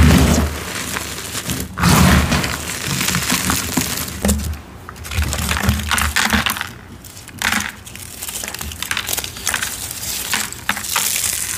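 Gym chalk blocks are crushed in a dense run of crunchy, crumbly textures, with brief quiet gaps near two, four and a half, and seven seconds. Soft low thuds and pressing sounds sit under the dry gritty crackle, which varies in strength throughout.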